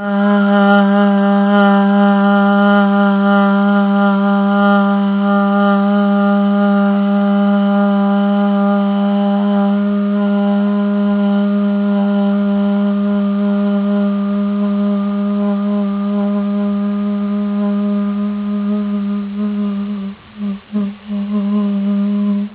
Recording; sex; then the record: sustained vowel /a/; female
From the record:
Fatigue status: fatigue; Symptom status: symptomatic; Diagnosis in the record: COVID-19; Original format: 3gp